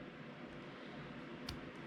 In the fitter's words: You should be able to hear it click when it goes in there. Okay, when you hear it click,